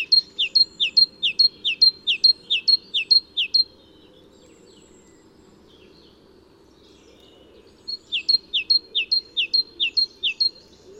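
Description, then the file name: Great tit singing two long bouts of ringing two-note phrases, roughly eight then six, with a silent stretch between them. "Parus major"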